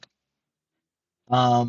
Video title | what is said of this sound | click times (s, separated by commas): Transformers One Race Changers Optimus Prime and Megatron | and it'll snap into place now uh Prime here | 0.0 s